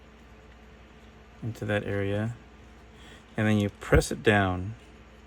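A small USB-C circuit board is handled and moved into its slot in the 3D-printed plastic instant-film back housing for a Mamiya RB67, ready to be pressed down until a retaining feature holds it. Only someone talking is heard over a quiet background. Nothing has seated or clicked yet.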